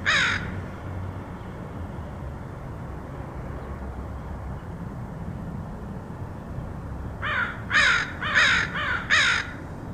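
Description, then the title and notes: Crow cawing: one harsh caw at the start, then after a quiet stretch a run of several rapid caws near the end, over steady low background hum. Recorded in Portland, Oregon, in August 2003. "Crows of Portland. Crows recorded by Dan Bodah in Portland, OR, August 2003"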